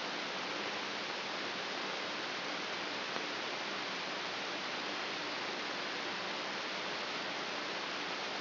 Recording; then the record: brain microelectrode recording played as sound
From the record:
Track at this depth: outside the subthalamic nucleus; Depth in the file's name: 5.816 mm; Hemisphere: left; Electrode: 3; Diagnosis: Parkinson's disease